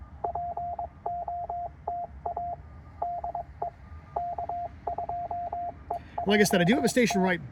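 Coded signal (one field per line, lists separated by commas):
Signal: Morse code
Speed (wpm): 22 wpm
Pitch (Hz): 690 Hz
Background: speech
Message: POTA DE K2EJT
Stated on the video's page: CW Parks On The Air activation on a Penntek TR-45L with a 17' whip and Begali Expedition key; signals weak at first, improving later.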